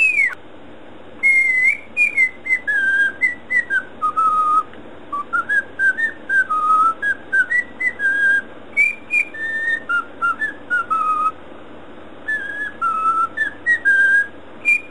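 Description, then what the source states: Cockatiel whistled song of clean tonal notes, descending and rising in steps, delivered in quick phrases with short breaks. Whistling (siulan).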